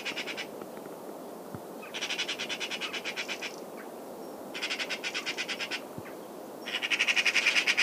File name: Pica pica